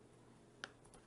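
The quick-release strap pin is taken out of the case lug of a Breitling Colt Skyracer wristwatch so the strap can be pulled free of the case for washing. A single sharp, bright tick rings out at 0.6 s as the pin comes out, followed by two faint ticks just before 1 second over a low, steady hiss. The pin is released and the strap comes free.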